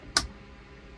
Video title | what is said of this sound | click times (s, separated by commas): Van Life - Caprock Canyons - Hiking Canyon Rim Trail - Bison and Prairie Dogs! - Curried Chickpeas | no it snapped into place it's | 0.2 s